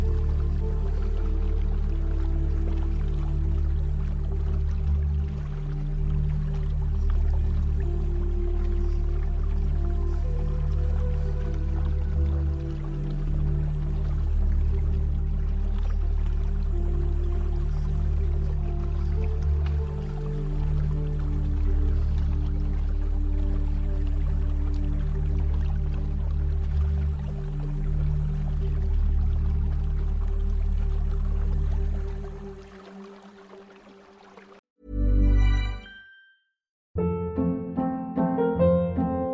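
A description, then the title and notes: A mystic ritual bath ambience hums with a steady low drone and faint trickling for thirty seconds, then drops away into brief bursts of sound. Mystic ritual bath ambience | ancient bath for spiritual cleansing. You can hear the sound of running water.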